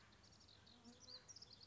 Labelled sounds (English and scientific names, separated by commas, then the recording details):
House Wren (Troglodytes aedon)
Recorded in Sonoma County, California